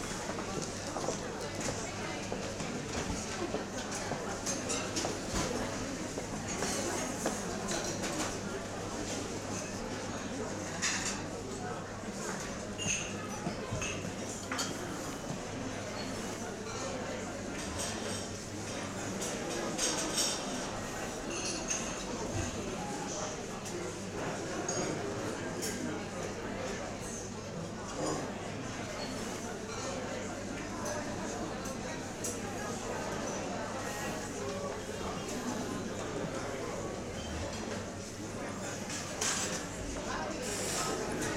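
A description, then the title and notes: Coffee shop interior with a steady crowd murmur of overlapping voices, occasional cup and dish clinks, and a low constant hum underneath. At the Coffee Shop.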